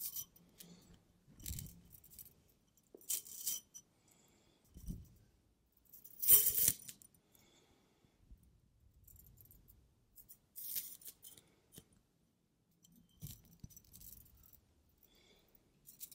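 A metal toy is handled and played with, giving bright jangling, clinking bursts that come every second or two. The loudest rattle lands around six seconds, with smaller clinks and soft low knocks and shuffles between them, and brief quiet gaps.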